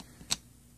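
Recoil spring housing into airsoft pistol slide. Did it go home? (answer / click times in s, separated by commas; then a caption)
yes / 0.3 s. The recoil spring housing of a KWA MKIV airsoft pistol slide is turned into position and pressed into place. A single sharp, bright click sounds at 0.3 s over a quiet background. The housing is seated in the slide.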